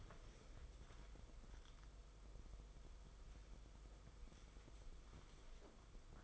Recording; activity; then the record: daily activity, microphone in the room; wipe stove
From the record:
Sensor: 5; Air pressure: 990.6 hPa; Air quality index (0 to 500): 157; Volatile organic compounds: 222 ppm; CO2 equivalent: 4284 ppm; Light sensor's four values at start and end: 44/126/50/54 and 44/126/50/54